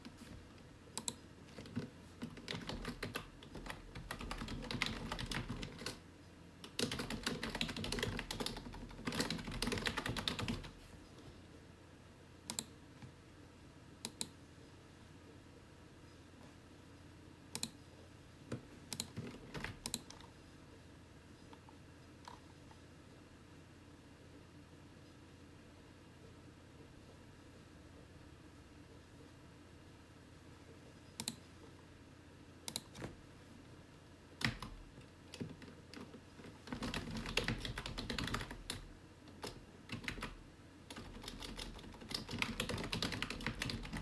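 Gentle typing on a computer keyboard in a small office comes in bursts, busiest around 0–11 seconds and again near 37–44, with isolated clicks scattered between. A low, steady whirr of a nearby computer runs underneath throughout, filling the quieter middle stretch.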